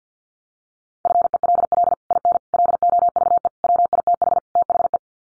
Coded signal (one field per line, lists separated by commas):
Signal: Morse code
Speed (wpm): 50 wpm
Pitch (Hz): 700 Hz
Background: none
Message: FELL IN LOVE WITH THE